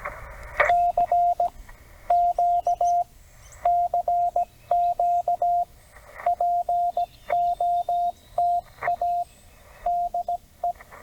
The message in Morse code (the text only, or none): CQ CQ POTA DE